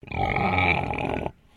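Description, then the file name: Landrace pig growl, a rough sustained throaty rumble lasting over a second with a tonal edge, then ending abruptly. Landrace breed pig growling. "PIG LANDRACE ALICE"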